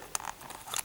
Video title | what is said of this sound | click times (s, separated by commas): How to Setup the PS Vita for Beginners | I'll push it in you hear a little click and then it will pop out like so and then | 0.1 s